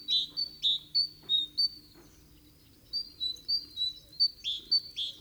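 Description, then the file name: Great tit calls, rapid high chirps in two runs separated by a short pause. "Parus major"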